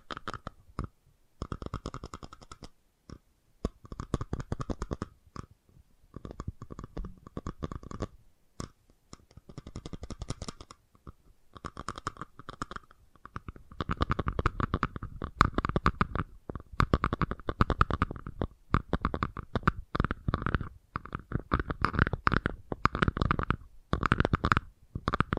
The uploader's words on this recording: FAST TAPPING (No Talking).